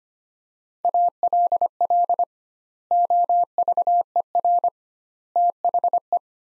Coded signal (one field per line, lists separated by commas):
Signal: Morse code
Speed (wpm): 25 wpm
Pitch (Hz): 700 Hz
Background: none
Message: ALL OVER THE